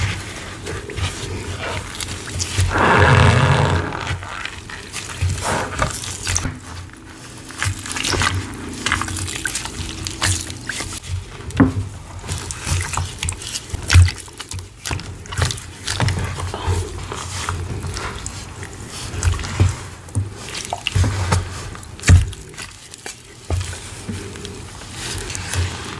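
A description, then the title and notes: Cornstarch paste is stirred and squished, with wet clicks, squelches and brief squeaky scrapes scattered irregularly throughout. A louder gushing burst of pouring or sloshing comes around three seconds in, then the mixing settles into uneven, mid-level squishing with low thuds. Mixing Oobleck Paste for Cornstarch Crunchies. Loud ASMR pouring, cornstarch squeaks, squishy paste, and oddly satisfying mixing sounds.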